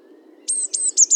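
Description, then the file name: Eurasian blue tit giving three or four very high, thin, slightly falling notes in quick succession over a faint low hum. "Cyanistes caeruleus 311018"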